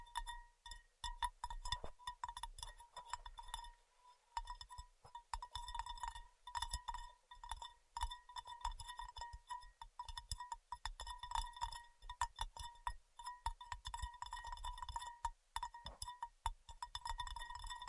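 Quick, dense tapping on a hard, glassy surface runs nearly nonstop for the whole stretch. Bright ringing clinks sit over soft low thumps. The taps come in rapid flurries with a brief pause around four seconds, and no voice is heard.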